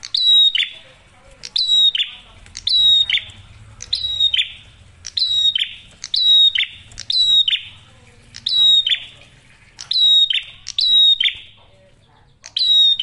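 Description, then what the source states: Prinia song, a click-whistle-buzz phrase delivered many times in quick succession, with brief quiet breaks. Masteran tutor audio for training songbirds; prenjak merah singing actively with a clear voice.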